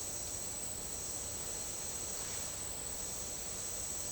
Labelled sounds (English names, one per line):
none